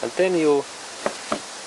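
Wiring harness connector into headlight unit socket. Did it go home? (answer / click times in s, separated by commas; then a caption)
yes / 1.1 s, 1.3 s. A wiring harness connector is plugged into the headlight unit socket of a 2000–2007 Ford Mondeo; it fits only one way. Someone talks briefly, then after a pause two short, sharp clicks are heard at 1.1 s and 1.3 s as the connector seats in place.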